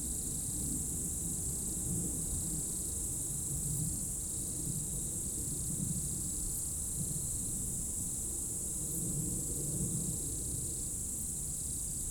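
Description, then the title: Insects in a dense high-pitched chorus with intermittent buzzy bursts, over an ongoing low rumble. Insects in roadside bank and trees at dusk, first hairpin of Col du Chat road, Bourdeau, France; plane and a few vehicles; recorded on Tascam DAP1 DAT, from a 2006 CDR. "route col du Chat, Bourdeau, France - Tutti insectes"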